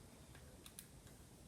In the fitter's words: and then it just clicks into place there's no seams because i've filled in the sides exactly how they should be